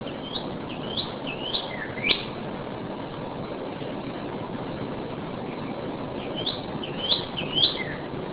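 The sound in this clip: Northern cardinal song: short bursts of downslurred whistles at the start and near the end, separated by a long stretch of steady low background hum.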